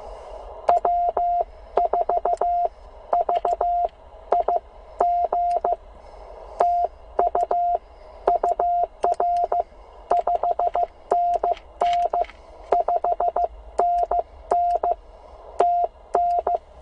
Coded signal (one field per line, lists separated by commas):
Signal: Morse code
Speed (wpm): 14 wpm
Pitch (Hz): 690 Hz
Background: none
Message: W4VIG TU UR 5NN 5NN TN